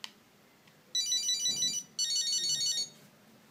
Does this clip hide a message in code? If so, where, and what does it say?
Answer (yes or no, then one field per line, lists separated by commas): no